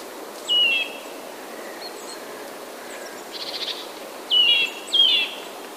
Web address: wroblowe kowalik kowalikskrzeczy